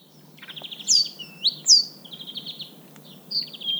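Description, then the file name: Great tit calls: short buzzy rattling notes mixed with clear sweeping whistles, over a faint steady background hiss. "Parus major"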